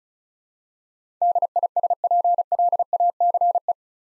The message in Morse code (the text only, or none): DISPLACE